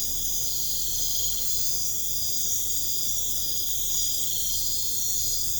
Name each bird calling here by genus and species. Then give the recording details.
none. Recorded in pastures near Puerto Asís, Putumayo, Colombia, on 22 December 2024 at 00:00. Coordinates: 0.496, -76.326. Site G004